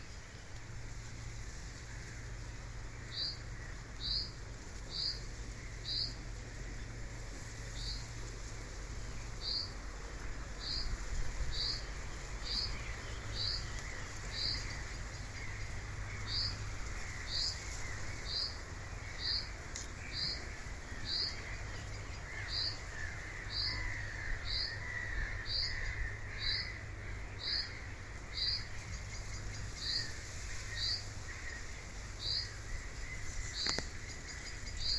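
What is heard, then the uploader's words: Rain and birdsong: a single bird repeats a short, bright chirp roughly every second, with brief pauses, throughout. Beneath it, a steady, dense patter of rain fills the scene, with a faint low hum in the first half. Rain & Birdsong - Ranworth Broad, Norfolk.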